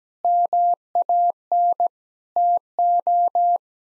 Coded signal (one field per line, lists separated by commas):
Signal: Morse code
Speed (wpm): 17 wpm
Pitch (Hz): 700 Hz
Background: none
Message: MAN TO